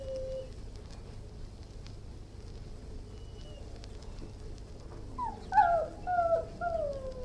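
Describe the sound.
Irish Wolfhound whining: quiet at first, then a run of short, high, wavering whines near the end.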